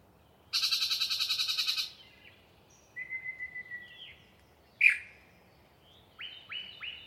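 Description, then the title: Yellow-breasted chat delivering a loud harsh rattling burst, a flat whistled note, a sharp single chuck, then three quick short notes. A particularly chatty individual giving a long pre-dawn song session in deciduous cover. "A Very Chatty Yellow-breasted Chat"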